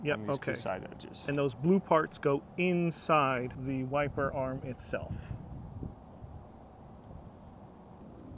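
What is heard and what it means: A windshield wiper blade and its blue adapter parts are lined up on the wiper arm of a 2018 GMC Sierra (2008–19 GMC Sierra / Chevy Silverado), with the blue parts set to go inside the arm before being pushed home. Someone talks for the first five seconds or so, then only faint, steady background noise remains. Nothing has clicked or seated yet.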